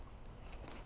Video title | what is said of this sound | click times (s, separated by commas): How to install change tail light lamp 1997 1998 1999 2000 2001 Honda CRV REPLACEMENT REPLACE DIY FIX | you can hear a click sometimes whenever you're taking it off and you kind of get an idea that it's released | 0.7 s